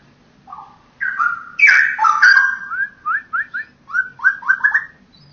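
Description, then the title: Oriental magpie-robin song: clear whistled phrases, then a quick series of short rising slurred notes repeated in bursts. "Kicau Kacer"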